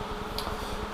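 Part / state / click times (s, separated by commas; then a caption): RAM module into motherboard memory slot / seated / 0.4 s. An 8 GB RAM stick is pressed down into the motherboard DIMM slot nearest the CPU until the retention clips on both sides click. A short, sharp click stands out at 0.4 s over a steady low hum. The module is seated in the slot.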